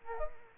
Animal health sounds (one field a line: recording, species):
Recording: mosquito wingbeat signal from an infrared sensor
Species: Aedes aegypti